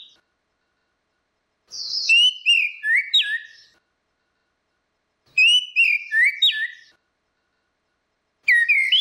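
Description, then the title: Orange-headed thrush giving short whistled phrases of descending slurred notes, repeated roughly every three and a half seconds. "Burung Anis Merah"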